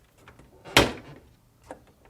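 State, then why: Not seated. A plastic filter cover panel for a Whirlpool refrigerator water filter housing (part W11482384) is handled and aligned to the retaining tabs at the top of the refrigerator. A sharp, loud knock is heard at 0.8 s, with fainter taps around 0.3 s and 1.7 s. Nothing has seated or clicked yet.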